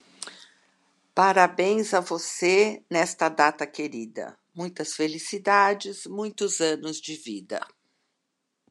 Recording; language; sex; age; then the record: short text; Brazilian Portuguese; female; 50 to 59 years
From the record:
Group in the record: control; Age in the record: 59 years